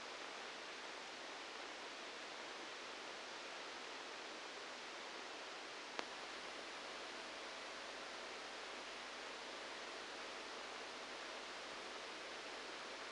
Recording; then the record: brain microelectrode recording played as sound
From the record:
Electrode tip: outside the subthalamic nucleus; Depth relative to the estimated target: -3 mm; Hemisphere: right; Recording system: NeuroSet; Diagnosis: Parkinson's disease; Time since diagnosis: 9 years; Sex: male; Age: 56 years